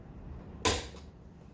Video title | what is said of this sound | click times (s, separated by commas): 0426 Living Room Blinds: Installed (aLL bY mYseLf) + Hard Kombucha attempt | two clicks we got it everybody | 0.6 s